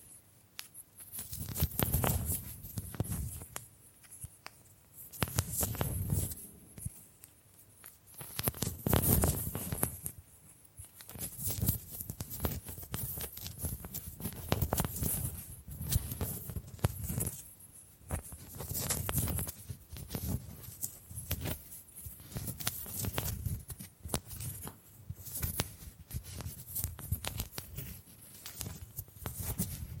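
Bamboo being tapped, scratched and brushed in irregular bursts, soft low thuds mixed with dry crackling rustles that swell and fade every few seconds.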